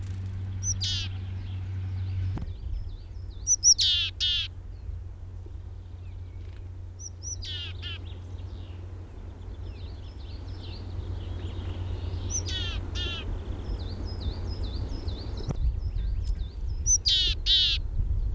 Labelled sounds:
Willow Tit
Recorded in the wild
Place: Ehrwald, Tirol, AT
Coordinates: 47.4, 10.9183
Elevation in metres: 980
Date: 1968-04-17
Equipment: Uher 4000, Sennheiser MKH 405, Parabolreflektor
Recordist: Tretzel, Erwin

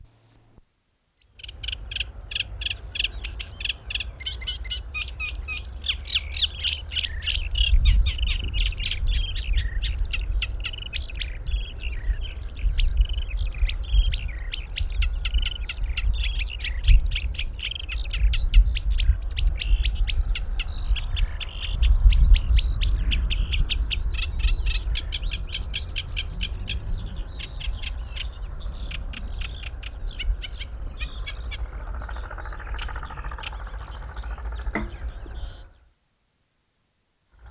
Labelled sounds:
Eurasian Reed Warbler song
Greylag Goose
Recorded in the wild
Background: Anser anser
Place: Ummanz, Insel Rügen, Mecklenburg-Vorpommern, DE
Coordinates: 54.43, 13.18
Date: 1969-05-24
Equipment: Nagra III BH, Sennheiser MD 21, parabola
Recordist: Schubert, Michael
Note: Gesang Teichrohrsänger, Hintergrd. Graugänse ( ca. 5 - 11 Uhr)

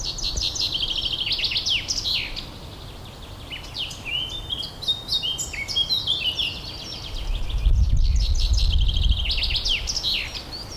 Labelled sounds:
Common Chaffinch song
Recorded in the wild
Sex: male
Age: adult
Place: Summt, Brandenburg, DE
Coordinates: 52.6931, 13.3606
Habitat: forest
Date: 1997-05-17 13:38
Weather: sunny, 25°C
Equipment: Sony MD-WM MZ-R3, Sennheiser MKH 416 T, Kopie Uher 4000 Report Monitor
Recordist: Tembrock, Günter

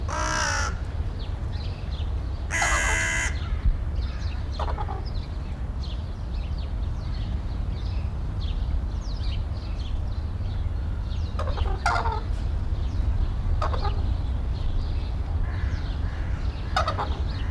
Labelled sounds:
Red-crowned Crane call
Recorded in captivity
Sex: pair
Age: adult
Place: Zoo Berlin, Berlin, DE
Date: 1994-03-26 11:06
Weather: 4-5°C, bedeckt, z.T. Regen
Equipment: Marantz CP 430, Sennheiser ME 80, Kopie Uher Variocord 263
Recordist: Tembrock, Günter

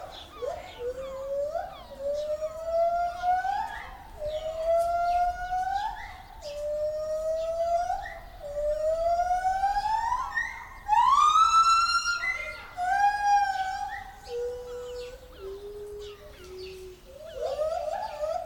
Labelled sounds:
Lar Gibbon
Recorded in captivity
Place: Zoo Berlin, Berlin, DE
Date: 1996-03-23 10:28
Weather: heiter, 4°C
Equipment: Sony WM-D6C, Sennheiser ME 80, Kopie Uher 4000 Report Monitor
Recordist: Tembrock, Günter

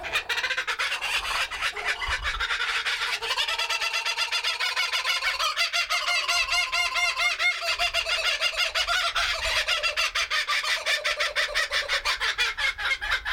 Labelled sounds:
Laughing Kookaburra call
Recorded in captivity
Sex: pair
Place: Zoo Berlin, Berlin, DE
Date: 1996-04-06 16:02
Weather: heiter, 10 - 16°C
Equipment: Sony MD-WM MZ-R3, Sennheiser MKH 416 T, Kopie Uher 4000 Report Monitor
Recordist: Tembrock, Günter

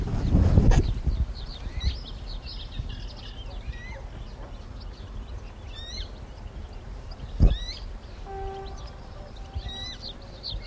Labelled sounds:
Western Marsh Harrier call
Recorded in the wild
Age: juvenile
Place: Karower Teiche, Naturpark Barnim, Berlin, DE
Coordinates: 52.6222, 13.4597
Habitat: pond
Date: 1989-07-05 20:15
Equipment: Riporter 6 RG-K, Sennheiser MKH 416 T, Original, Halbspur
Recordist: Frommolt, Karl-Heinz

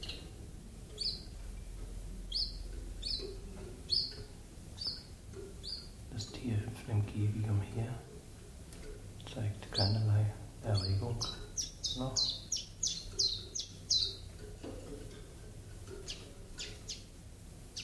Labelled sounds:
Common Chiffchaff song
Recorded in captivity
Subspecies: collybita
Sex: male
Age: adult
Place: Zoologisches Institut Universität Tübingen, Baden-Württemberg, DE
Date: 1966-04-15 15:25
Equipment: Nagra III PH, MD 421, kleiner englischer Parabolspiegel, LGS26
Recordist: Schneider, Hans-Joachim

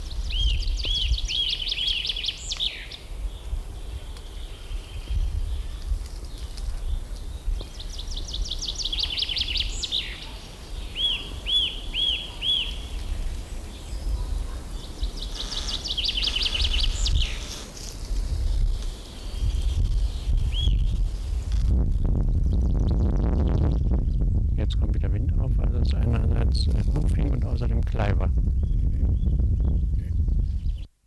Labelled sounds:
Eurasian Nuthatch call
Common Chaffinch
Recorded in the wild
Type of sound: call
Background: Fringilla coelebs
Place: Mühlenbeck, Brandenburg, DE
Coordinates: 52.67, 13.38
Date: 1996-04-28 14:47
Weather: heiter-wolkig, 17°C
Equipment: Sony MD-WM MZ-R3, Sennheiser MKH 416 T, Kopie Uher 4000 Report Monitor
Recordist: Tembrock, Günter
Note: Rufreihen, daneben Buchfink. Im Mühlenbecker Wald

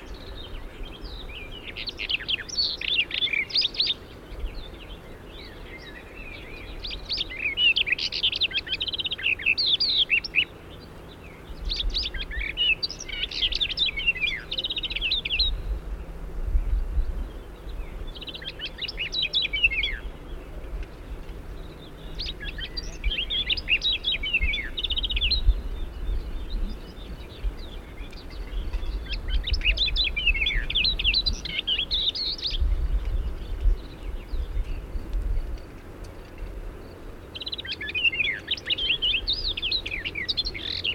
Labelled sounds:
Barred Warbler song
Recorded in the wild
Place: Borovez, Rila-Gebirge, Sofia, BG
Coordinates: 42.271, 23.601
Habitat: Mountains
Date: 1974-05-27
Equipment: Nagra III BH, Sennheiser MD 21, parabola
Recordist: Schubert, Michael
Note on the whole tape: Gesang Sperbergrasmücke

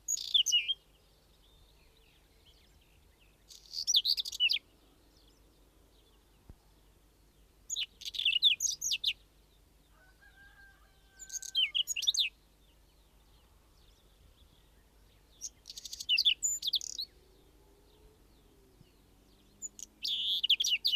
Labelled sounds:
Whinchat song
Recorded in the wild
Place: Sötern, Saarland, DE
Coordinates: 49.5947, 7.065
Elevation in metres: 419
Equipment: Nagra IV, Sennheiser MKH 405, Parabolreflektor
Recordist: Tretzel, Erwin

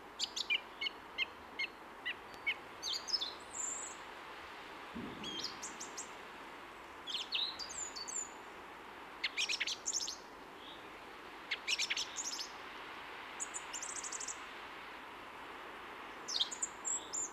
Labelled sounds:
Song Thrush song
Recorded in the wild
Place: Michelstadt, OT Vielbrunn, Hessen, DE
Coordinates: 49.7139, 9.09778
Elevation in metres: 432
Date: 1976-03-30
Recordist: Tretzel, Erwin

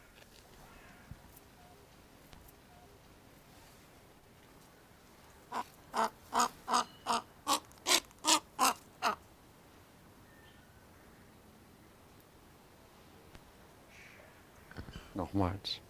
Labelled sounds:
Whistling Heron
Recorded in captivity
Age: adult
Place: Zoo Berlin, Berlin, DE
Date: 1997-10-25
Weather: wolkig, 3°C
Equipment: Nagra SN, Kopie Uher 4000 Report Monitor
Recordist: Tembrock, Günter

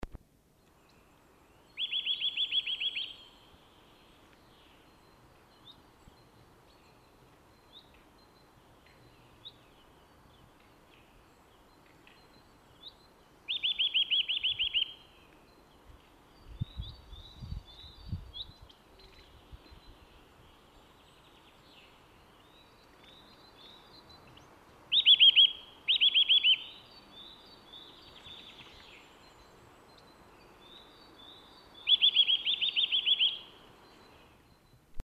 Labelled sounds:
Eurasian Nuthatch song
Common Chaffinch
Great Tit
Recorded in the wild
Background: Fringilla coelebs, Parus major
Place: Ehrwald, Tirol, AT
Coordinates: 47.4167, 10.9428
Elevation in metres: 979
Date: 1971-04-13
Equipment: Nagra IV, Sennheiser MKH 405
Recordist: Tretzel, Erwin

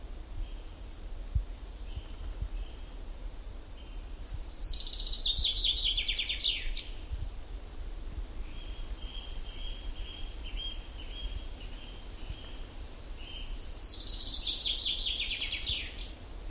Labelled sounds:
Common Chaffinch
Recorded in the wild
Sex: male
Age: adult
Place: Halbinsel Kindo, Karelien, RU
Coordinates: 66.5486, 33.1206
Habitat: taiga
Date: 1990-07-02 19:22
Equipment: Uher 4000 Report Monitor, Sennheiser MKH 416 T
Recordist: Frommolt, Karl-Heinz

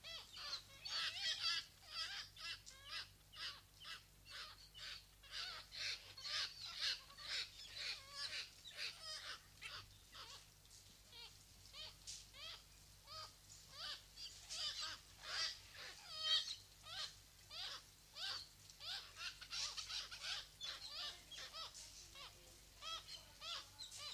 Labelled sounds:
Black-legged Kittiwake call
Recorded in captivity
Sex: group
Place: Zoo Münster, Nordrhein-Westfalen, DE
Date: 1988-10-03 14:15
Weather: overcast, 14°C
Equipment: Sony WM-D6C, Kopie Uher
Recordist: Tembrock, Günter

